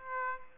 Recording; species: mosquito wingbeat signal from an infrared sensor; Aedes aegypti